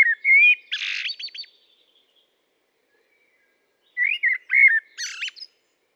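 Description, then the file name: Common blackbird song phrases: mellow whistled notes running into a harsh, high squeaky burst, heard twice with a quiet gap between. "Turdus merula"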